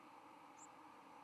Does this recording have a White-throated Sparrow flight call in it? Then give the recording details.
no. Another species' flight call is heard. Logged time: 10:01 on 13 November 2014